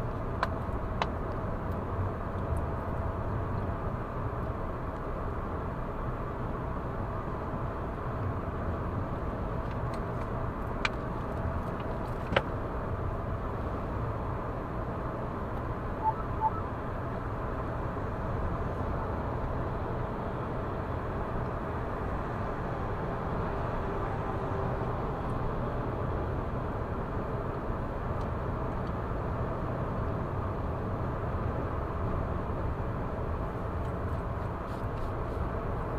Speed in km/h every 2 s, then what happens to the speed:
106, 106, 108, 108, 108, 108, 108, 108, 108, 108, 108, 108, 110, 110, 110, 110, 107, 106.
0-36 steady at about 108.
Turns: none.